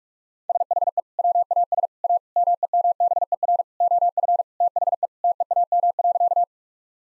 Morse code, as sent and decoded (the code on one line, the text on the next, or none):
... .... . / .-- .- ... / .- / -- . -- -... . .-. / --- ..-. / - .... . / - . .- -- .-.-.-
SHE WAS A MEMBER OF THE TEAM.